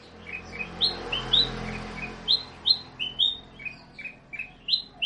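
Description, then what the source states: Sooty-headed bulbul singing: short, bright upslurred chirps repeated in irregular quick clusters, over a steady low hum. Local name kutilang; described as gacor, actively and persistently singing.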